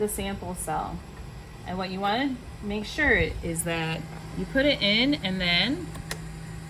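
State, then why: Seated. Someone talks while the injection syringe of a MicroCal VP-ITC isothermal titration calorimeter is lifted and lowered back into the sample cell, over a steady low hum. At 6.1 s a sharp tick is heard as the syringe clicks down and seats in the sample cell.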